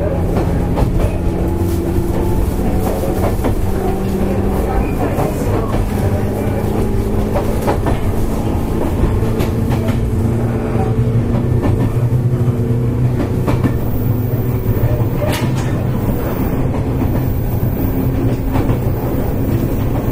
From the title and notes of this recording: JR西日本 105系電車の走行音です。 万葉まほろば線（桜井線）のワンマン普通列車で録音しました。 区間は、奈良から畝傍までです。 Running sound of JR West 105 series train.